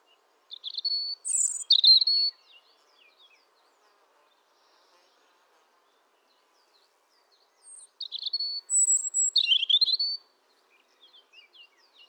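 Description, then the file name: European robin song: two brief phrases of high, varied warbling with thin whistled notes, about six seconds apart, with faint soft notes in the gaps. "Erithacus rubecula"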